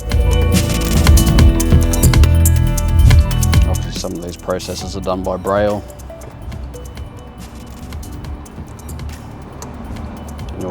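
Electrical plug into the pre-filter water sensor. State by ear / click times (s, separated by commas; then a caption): seated / 9.6 s. Music plays over the first few seconds while someone talks, then an electrical plug is pushed back onto the water sensor at the bottom of a pre-filter. Among a few faint taps in the quieter stretch, the connector clip clicks at 9.6 s, confirming it is seated back in place.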